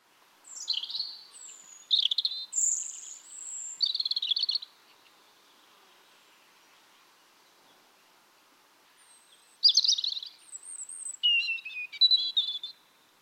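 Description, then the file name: European robin singing two separate phrases of high, thin warbled notes and trills, the second beginning after a silent pause of roughly five seconds, with a faint steady hiss behind. "Erithacus rubecula"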